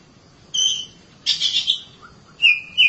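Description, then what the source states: Oriental magpie-robin singing clear, whistled notes at varied pitches, with a brief burst of buzzy, rich phrasing in the middle and a long steady whistle near the end. Long-duration recording.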